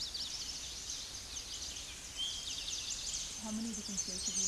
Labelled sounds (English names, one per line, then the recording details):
Eastern Towhee song
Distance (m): 30 m
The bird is about 5 m above the microphone
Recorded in a Pennsylvania forest on 16 May 2024 at 08:24
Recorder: AudioMoth, point MSD-0508
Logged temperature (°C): 15.5 °C
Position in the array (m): 70 m, 171 m